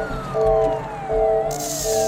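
ambulance siren

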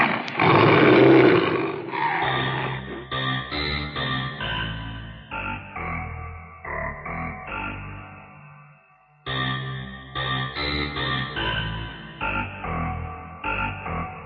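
tiger roar

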